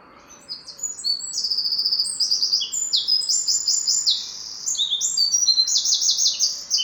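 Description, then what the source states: Birds singing a lively chorus of high, rapid trills and chirping phrases that overlap and repeat without pause. Birds recorded in the morning.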